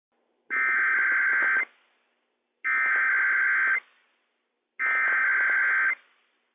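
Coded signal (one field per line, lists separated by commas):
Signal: Emergency Alert System (SAME) tones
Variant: header bursts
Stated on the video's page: Required weekly test issued by a county emergency management office for three Washington counties, heard on a weather radio transmitter.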